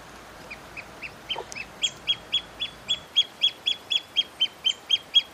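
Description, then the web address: Pearl kite opening with a few scattered notes, then settling into an even series of high, clipped calls, about four per second. "Pearl kite. صدای-پرنده-کورکور-مرواریدی"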